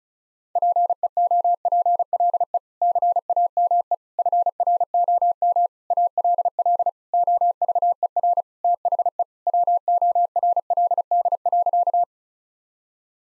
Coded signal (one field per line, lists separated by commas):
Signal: Morse code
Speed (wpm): 34 wpm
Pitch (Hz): 700 Hz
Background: none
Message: PEOPLE CAME FROM ALL OVER THE WORLD.